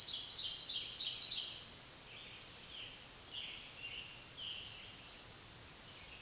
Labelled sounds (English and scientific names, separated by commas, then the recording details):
Scarlet Tanager (Piranga olivacea) song
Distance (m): 60 m
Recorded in a Pennsylvania forest on 1 June 2023 at 08:07
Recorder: AudioMoth, point grid3_39_high
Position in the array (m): 164 m, 140 m